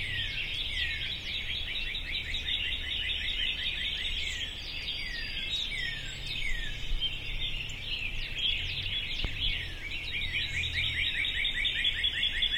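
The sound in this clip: Birds in a dense chorus, many overlapping quick down-slurred chirps and whistles repeating steadily, with a low rumbling hum underneath throughout.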